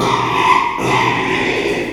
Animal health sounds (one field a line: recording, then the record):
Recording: squeal of a Yucatan mini pig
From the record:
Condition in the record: after surgery on the right vocal fold (resection and tissue-engineered implant)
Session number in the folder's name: 1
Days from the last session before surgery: 6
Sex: male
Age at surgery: 12 weeks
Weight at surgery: 13 kg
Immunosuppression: cyclosporine, prednisolone